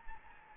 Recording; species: mosquito wingbeat signal from an infrared sensor; Anopheles gambiae